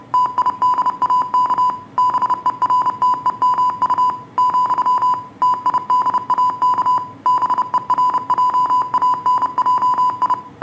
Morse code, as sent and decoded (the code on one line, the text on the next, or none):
- .. -.. .- -.- / -... . .-. - . -- ..- / --..-- / - .. -.. .- -.- / -... . .-. .--- .- -. .--- ..
TIDAK BERTEMU , TIDAK BERJANJI